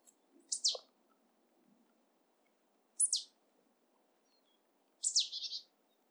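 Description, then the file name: Marsh tit giving abrupt, high downslurred call notes roughly every two seconds, the last note ending in a brief buzzy chatter. "Poecile palustris"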